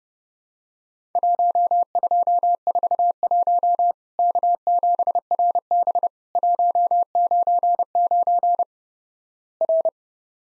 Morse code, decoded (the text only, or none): 1241 K7RB 199 R